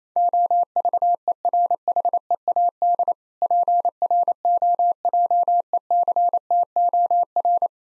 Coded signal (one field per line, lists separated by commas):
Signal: Morse code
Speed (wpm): 28 wpm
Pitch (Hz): 700 Hz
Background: none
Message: OVERHEAD PROJECTOR